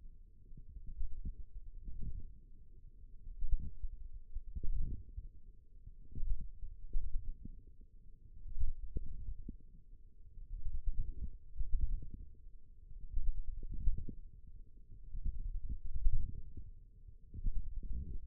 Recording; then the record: forearm muscle sounds (acoustic myography)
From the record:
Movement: wrist flexion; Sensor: system 1, eight BSWA MPA416 microphones around the upper forearm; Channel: 3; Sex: female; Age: 21 years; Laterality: right